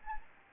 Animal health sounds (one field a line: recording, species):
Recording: mosquito wingbeat signal from an infrared sensor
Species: Anopheles gambiae